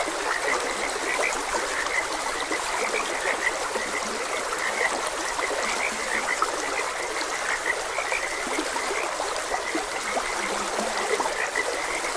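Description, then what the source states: Frogs croaking in many overlapping short notes against the unbroken babble of a stream. Frogs croaking beside a gentle stream.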